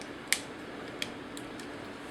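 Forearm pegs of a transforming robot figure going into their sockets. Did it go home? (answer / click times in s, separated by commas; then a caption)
yes / 0.3 s. The forearm pegs of a plastic transforming robot action figure are clipped into their sockets after the shoulder is raised, giving a sharp little click at 0.3 s that seats them in place. A smaller click follows at about 1.0 s and a faint tick near 1.4 s over a quiet background.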